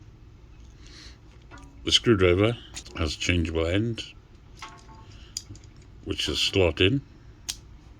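A changeable slotted screwdriver bit is handled at the bit holder of a metal multi-tool while someone talks, with a few faint metallic taps around 4.6 to 5.8 s. The clip ends before the bit goes home, and nothing has seated or clicked yet.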